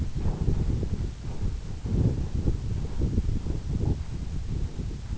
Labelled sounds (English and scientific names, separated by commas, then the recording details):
none
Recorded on Arctic tundra, site EABA-1, on 26 June 2018
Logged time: 00:00